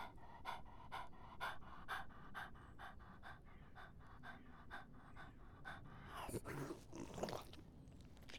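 Dog drinking: steady wet laps roughly two per second, then a louder splashy burst near the end.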